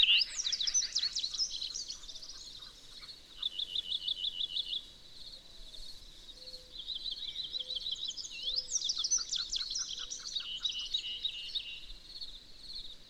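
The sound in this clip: Bird song: repeated bursts of high twittering and buzzy trills, with fainter chirps between them over a low background hiss.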